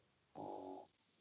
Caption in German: Meine Hunde schnarchen. Meine Hundis sind halt auch hier direkt fast 3 Meter von mir entfernt und liegen da und schlafen.